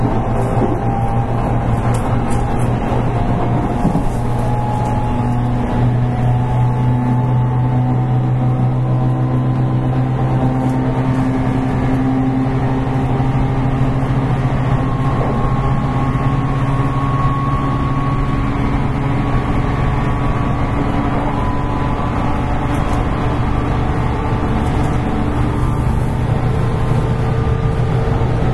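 A Class 813 electric train runs steadily, a constant low rumble under motor whines that slowly rise and fall in pitch throughout.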